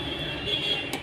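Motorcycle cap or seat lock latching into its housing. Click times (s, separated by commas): 0.9 s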